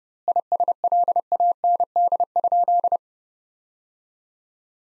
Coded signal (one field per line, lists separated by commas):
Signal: Morse code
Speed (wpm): 32 wpm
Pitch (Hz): 700 Hz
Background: none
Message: ISLAND?